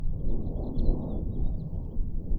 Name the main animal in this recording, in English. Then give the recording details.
House Finch. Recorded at Atlantic Beach West on Long Island, New York, on 2 June 1975. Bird B